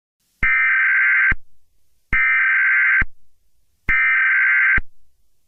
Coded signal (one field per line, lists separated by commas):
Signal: Emergency Alert System (SAME) tones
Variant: header bursts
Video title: EAS Scenario: How Summer Turns Fiery